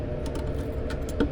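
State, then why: Seated. A new metal brake pad retaining clip, set on the edge of a boat trailer brake caliper bracket, is pushed down from the top against a steady low background hum. Sharp clicks sound at 0.9 s and, louder, at 1.2 s as the clip snaps into place and is seated.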